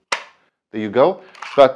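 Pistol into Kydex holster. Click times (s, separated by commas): 0.1 s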